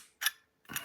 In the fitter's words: yeah that's locked straight in